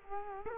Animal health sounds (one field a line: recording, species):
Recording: mosquito wingbeat signal from an infrared sensor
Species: Culex quinquefasciatus